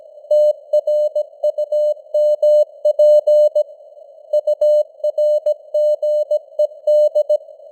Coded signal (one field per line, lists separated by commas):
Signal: Morse code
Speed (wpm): 17 wpm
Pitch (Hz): 600 Hz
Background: none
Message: TRUMP URGED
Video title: Morse Code News | 2025-11-27 | 17wpm